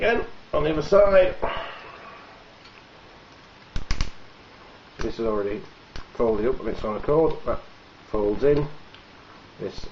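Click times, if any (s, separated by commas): none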